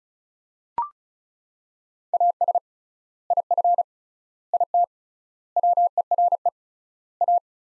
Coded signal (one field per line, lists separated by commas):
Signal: Morse code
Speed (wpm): 36 wpm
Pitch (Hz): 700 Hz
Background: none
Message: AS IF IT WERE A